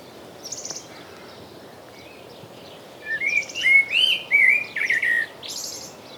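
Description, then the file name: Common blackbird singing a fluty warbled phrase of several rich whistled notes, finished with thin high squeaks; a brief high chirp is heard near the start. "Turdus merula"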